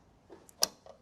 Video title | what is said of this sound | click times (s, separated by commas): I Have To Drop The Battery Pack Out Of This Tesla Model 3 To Fix A Small Coolant Issue | metal latches snapped in, you just push until it clicks | 0.6 s